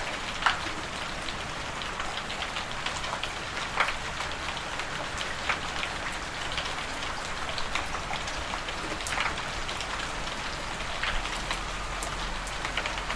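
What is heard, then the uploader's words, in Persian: Steady rain patters densely on a surface, with brief sharper drops ticking out now and then over a faint low rumble beneath. باران.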